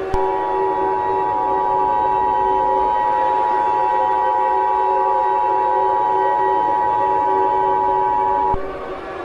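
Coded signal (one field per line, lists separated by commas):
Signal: Emergency Alert System (SAME) tones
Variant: 853 and 960 Hz attention tone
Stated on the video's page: Fictional EAS scenario with an ElevenLabs text-to-speech voice.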